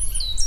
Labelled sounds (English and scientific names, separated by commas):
Stitchbird (Notiomystis cincta) song